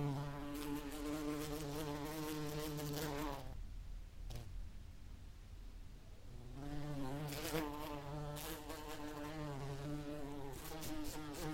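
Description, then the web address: Bee buzzing in flight, a wavering droning hum that falls quiet for a few seconds before returning strongly. "el agradable sonido del vuelo de una abeja"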